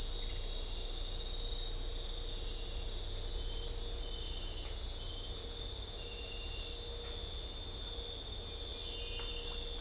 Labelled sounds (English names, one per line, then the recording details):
none
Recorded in dense forest near Puerto Asís, Putumayo, Colombia, on 16 December 2024 at 00:00
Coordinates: 0.500, -76.322
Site G053